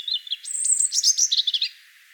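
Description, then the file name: European robin song phrase: a thin, high whistle leads into a rapid, tinkling warble of varied notes that falls away at the end. "Erithacus rubecula"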